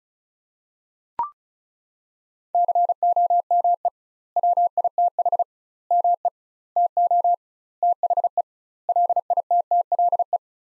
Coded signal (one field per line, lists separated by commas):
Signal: Morse code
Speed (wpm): 36 wpm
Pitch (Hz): 700 Hz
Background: none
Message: COME WITH ME TO THE LITTLE